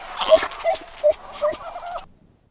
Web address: an antarctic fur seal